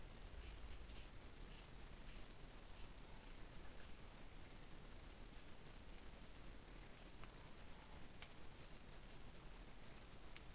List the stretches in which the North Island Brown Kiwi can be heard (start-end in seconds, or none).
none